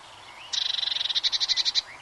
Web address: bbc Bird Song Site Blue Tit - Mesange (tit)